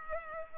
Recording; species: mosquito wingbeat signal from an infrared sensor; Culex pipiens